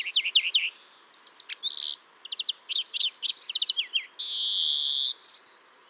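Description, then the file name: European greenfinch song of quick twittering and trilled notes broken by sustained nasal buzzy wheezes. "Chloris chloris"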